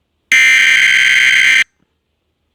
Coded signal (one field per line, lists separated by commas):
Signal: Emergency Alert System (SAME) tones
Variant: header bursts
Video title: EAS scenario. Homeworld gem invasion on earth.